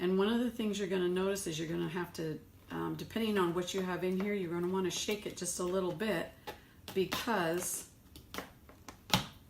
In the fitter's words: there we go till it locks in place again